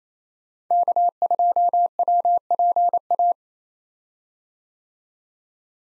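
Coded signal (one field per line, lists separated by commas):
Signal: Morse code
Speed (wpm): 28 wpm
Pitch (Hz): 700 Hz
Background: none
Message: K2WPA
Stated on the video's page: Morse drill of common POTA activator call signs at 28 wpm for head-copy practice, each sent, spoken, then sent again.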